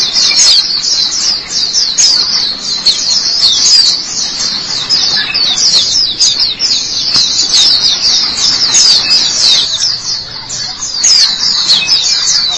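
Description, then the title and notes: White-eye song, a long continuous stream of high, rapid chirps and twitters, steady in loudness with small dips. "Kicauan Burung Pleci Durasi Panjang. Suara kicauan burung pleci"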